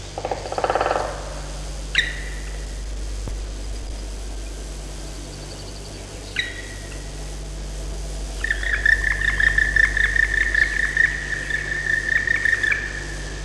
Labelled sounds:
Black Woodpecker (Dryocopus martius)

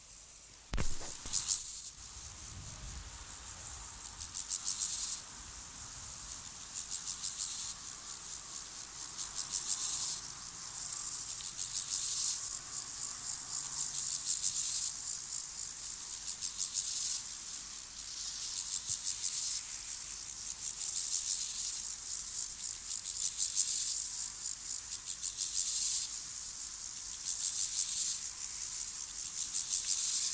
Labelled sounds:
Steppe Grasshopper (Chorthippus dorsatus) stridulation

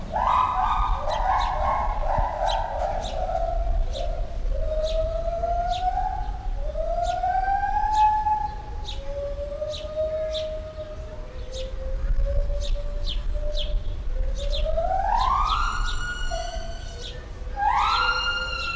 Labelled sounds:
Pileated Gibbon (Hylobates pileatus)

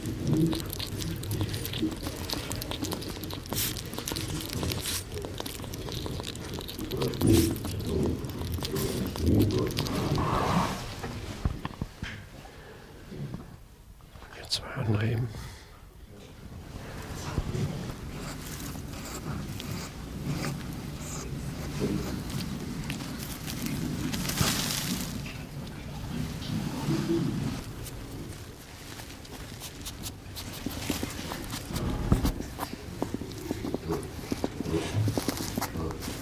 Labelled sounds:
West European Hedgehog (Erinaceus europaeus)

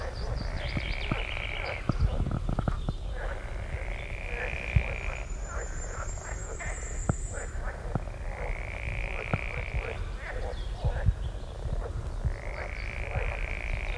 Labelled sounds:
Common Firecrest (Regulus ignicapilla) song

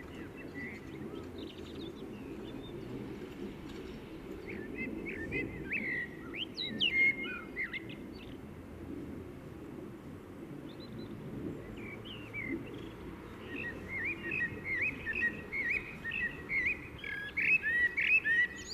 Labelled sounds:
Common Blackbird (Turdus merula) song

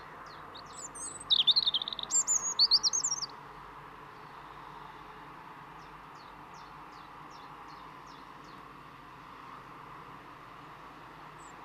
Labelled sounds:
European Robin (Erithacus rubecula) song

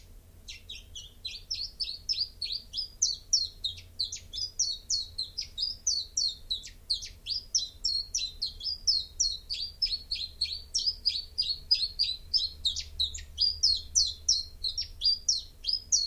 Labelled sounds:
Common Chiffchaff (Phylloscopus collybita) song

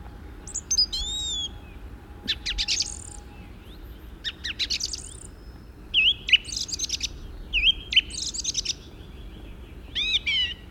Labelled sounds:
Song Thrush (Turdus philomelos) song

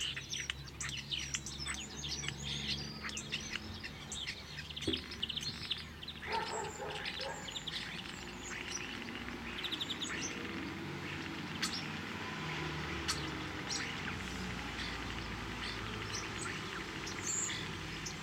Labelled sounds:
European Starling (Sturnus vulgaris) song

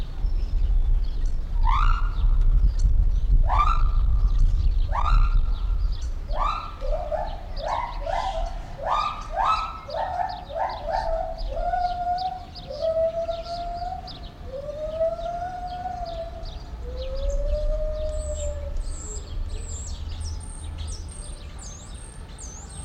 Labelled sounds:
Lar Gibbon (Hylobates lar)

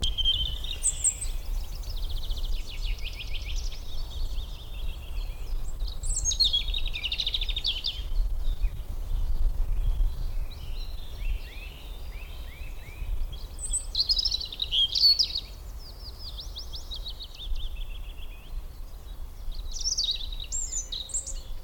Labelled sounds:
European Robin (Erithacus rubecula) song

